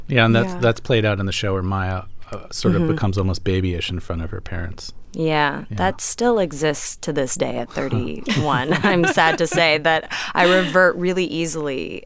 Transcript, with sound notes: Yeah, and that's played out in the show, where Maya sort of becomes almost babyish in front of her parents.
Yeah, that still exists to this day, at 31.
(LAUGHTER)
I'm sad to say that I revert really easily